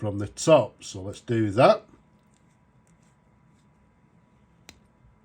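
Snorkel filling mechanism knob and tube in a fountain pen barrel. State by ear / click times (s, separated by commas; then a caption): seated / 4.7 s. A Sheaffer Snorkel Valiant vintage fountain pen with a gold snorkel tube has the knurled knob at the end of its barrel turned and pushed forward, extending the snorkel tube from the feed. Someone talks for the first two seconds, followed by near silence and then a single sharp click at 4.7 s. The click shows the mechanism has locked with the tube fully extended.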